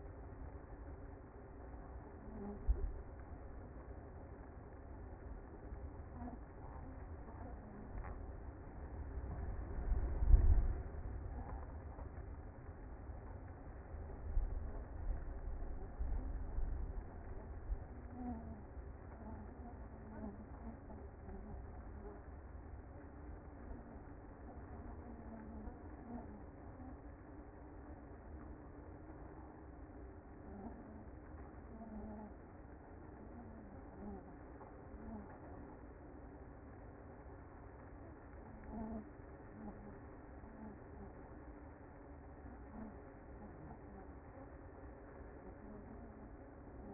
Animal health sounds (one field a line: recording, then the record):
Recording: honeybee colony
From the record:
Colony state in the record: active